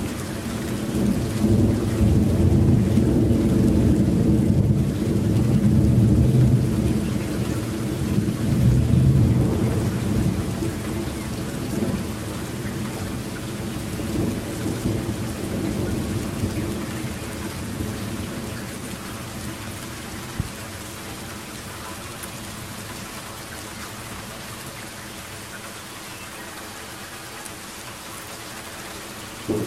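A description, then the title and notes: A long, low roll of thunder growls over steady rain, loudest in the first ten seconds with deep rumbling pulses around five and nine seconds. The rumble slowly fades while the rain continues as a constant hiss, with a faint sharp knock near twenty seconds. Endless Thundergrowl over Germany.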